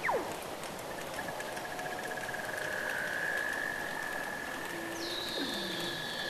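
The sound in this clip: Weddell seal calls: a quick steep downward whistle, a long level mid-pitched tone, then a high descending sweep and a low falling chirp near the end.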